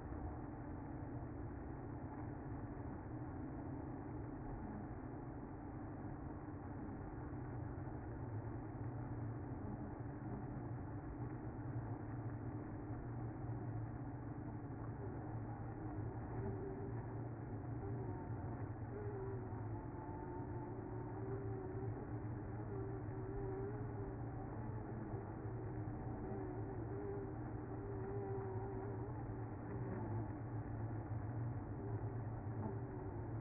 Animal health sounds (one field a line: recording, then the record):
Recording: honeybee colony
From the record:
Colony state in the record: active